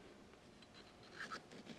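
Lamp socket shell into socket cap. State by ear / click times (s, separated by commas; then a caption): not seated / none. A metal lamp socket shell is picked up and lined up over the socket cap, ready to be pushed in. Only faint handling and scraping sounds are heard, with a brief louder rustle near 1.5 s. Nothing has seated or clicked yet.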